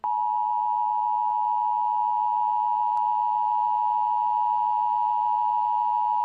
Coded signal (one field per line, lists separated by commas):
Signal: Emergency Alert System (SAME) tones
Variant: 853 and 960 Hz attention tone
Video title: EAS: The March 17 Guthrie, Oklahoma Fire Events